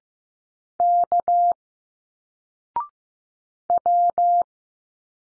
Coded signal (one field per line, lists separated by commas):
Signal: Morse code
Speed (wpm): 15 wpm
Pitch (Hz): 700 Hz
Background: none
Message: K W